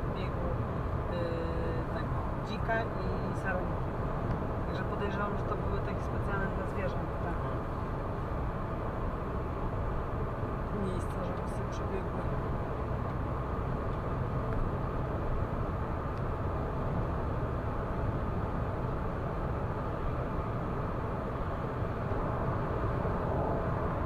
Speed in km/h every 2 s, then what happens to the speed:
114, 115, 115, 116, 116, 116, 119, 121, 124, 125, 125, 125.
0-24 steady at about 116.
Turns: none.